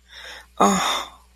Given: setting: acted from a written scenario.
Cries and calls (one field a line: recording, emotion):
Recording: vocal sound without words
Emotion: distress